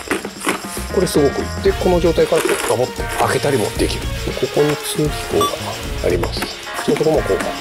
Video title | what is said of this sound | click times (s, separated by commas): 高コスパ！良いんじゃね？【OGK Kabuto】RYUKI システムヘルメット『リュウキ』使用レビュー | もきちんとね上で止まろうぜカチッと止まるこれすごく | 0.1 s